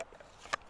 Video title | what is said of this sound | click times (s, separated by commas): REIFF KNIVES F6 MAGNACUT - A TRUE Survival & Bushcraft Blade? | for dropping it in, so it goes in really smooth, but then it retains really well, and it does click into place. | 0.0 s